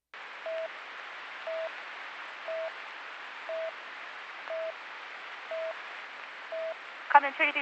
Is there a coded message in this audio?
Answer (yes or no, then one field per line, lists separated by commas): no